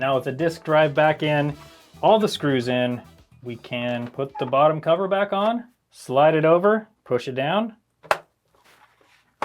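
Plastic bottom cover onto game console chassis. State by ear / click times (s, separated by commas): seated / 8.1 s, 9.4 s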